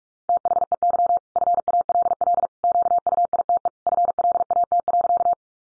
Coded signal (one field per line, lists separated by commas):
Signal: Morse code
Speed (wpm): 44 wpm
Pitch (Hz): 700 Hz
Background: none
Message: THEY FALL QUITE FLAT.